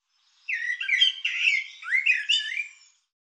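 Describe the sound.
Bird delivering a continuous squeaky, slurred warble of varied rising and falling notes lasting about two and a half seconds, otherwise silent.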